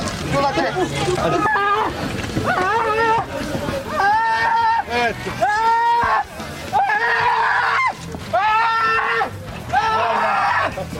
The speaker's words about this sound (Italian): sentiamo un po' di grida, i migranti che urlano.